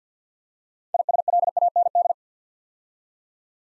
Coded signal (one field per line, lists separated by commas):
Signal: Morse code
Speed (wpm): 47 wpm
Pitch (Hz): 700 Hz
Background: none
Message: ISLAND